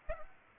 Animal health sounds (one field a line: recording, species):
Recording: mosquito wingbeat signal from an infrared sensor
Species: Aedes aegypti